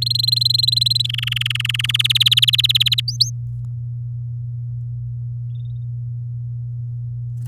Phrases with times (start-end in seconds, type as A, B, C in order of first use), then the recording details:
0.02-1.02 A, 1.04-1.91 B, 1.94-3.00 C, 3.08-3.30 D. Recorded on 8 May 2018 at 13:22. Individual llb16